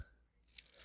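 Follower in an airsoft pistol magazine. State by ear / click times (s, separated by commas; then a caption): not seated / none. A thumbnail pulls down the spring-loaded follower of a plastic and metal CO2 magazine for a Steyr L9-A2 airsoft pistol from ASG, to load BBs. A near-silent start gives way to sharp, bright scraping ticks from about 0.6 s to the end. The follower does not catch, and nothing has locked down in place.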